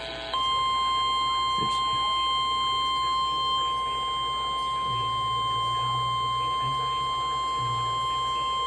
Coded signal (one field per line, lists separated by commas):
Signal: Emergency Alert System (SAME) tones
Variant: 1050 Hz attention tone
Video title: EAS #373 (Severe Thunderstorm Watch)